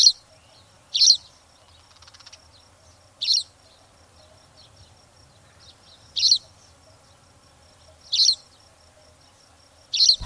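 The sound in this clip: Spanish sparrow chirping sparsely, single high, sharp notes at irregular intervals of one to three seconds.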